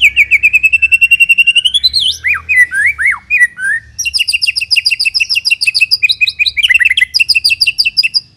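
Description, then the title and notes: White-rumped shama song opening with a fast steady trill, then twisting whistled notes and a long rapid series of sharp repeated chips, with a low hum underneath. Lure song for attracting the bird. "Pikat Murai Batu Durasi Panjang. Burung Murai Batu"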